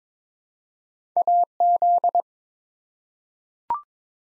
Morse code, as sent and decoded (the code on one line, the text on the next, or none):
.- --..
AZ